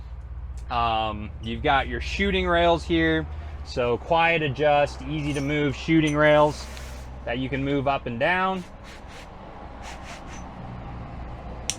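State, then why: Seated. An adjustable shooting rail on a hunting blind is moved up or down while someone talks over a low background hum. The rail then locks into place with a single sharp click at 11.7 seconds.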